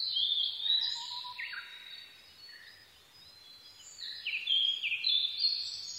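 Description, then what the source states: Blue-and-white flycatcher song: high whistled phrases sliding down into harsh notes, given twice. Recorded 22 May 2011 at 04:34.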